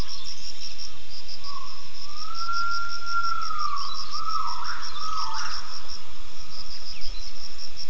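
Gibbon giving a long whistled note that rises, holds, then steps down, with steady fast insect pulsing high above.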